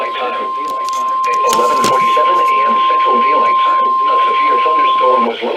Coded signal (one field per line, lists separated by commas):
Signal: Emergency Alert System (SAME) tones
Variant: 1050 Hz attention tone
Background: speech